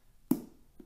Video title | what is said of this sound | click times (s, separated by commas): Purple Mattress Protector Review and Unboxing | that little click there's magnets in there to help it open and close or stay closed | 0.3 s